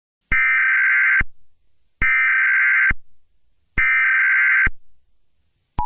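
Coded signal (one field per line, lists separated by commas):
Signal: Emergency Alert System (SAME) tones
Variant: header bursts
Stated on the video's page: Fictional EAS scenario about a zombie virus outbreak.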